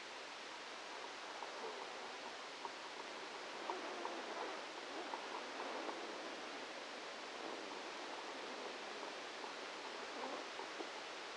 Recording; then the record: brain microelectrode recording played as sound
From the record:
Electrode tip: outside the subthalamic nucleus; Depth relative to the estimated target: -8 mm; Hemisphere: right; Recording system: NeuroSet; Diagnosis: Parkinson's disease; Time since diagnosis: 13 years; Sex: male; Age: 63 years